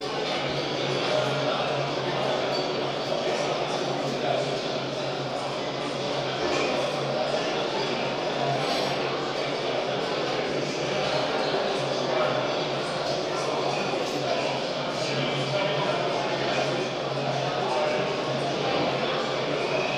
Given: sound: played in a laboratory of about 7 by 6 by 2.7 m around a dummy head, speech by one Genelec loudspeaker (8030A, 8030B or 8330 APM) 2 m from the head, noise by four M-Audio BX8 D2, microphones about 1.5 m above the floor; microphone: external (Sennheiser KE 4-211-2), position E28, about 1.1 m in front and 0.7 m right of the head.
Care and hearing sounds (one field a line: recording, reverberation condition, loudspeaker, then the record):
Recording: cafeteria noise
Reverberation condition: high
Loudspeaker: four, about 170 cm from the corners of the room and facing them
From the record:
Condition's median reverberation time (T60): about 1300 ms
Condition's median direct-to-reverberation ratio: about -4.0 dB